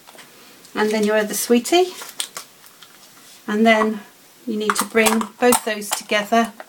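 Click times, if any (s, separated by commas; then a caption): none. Someone talks while handling the two clear plastic halves of a photo bauble, which hold a picture, acetate discs and sweets, ready to bring them together. A few brief plastic taps and rustles are heard between the speech. Nothing has clicked or seated yet; the halves are not yet snapped shut.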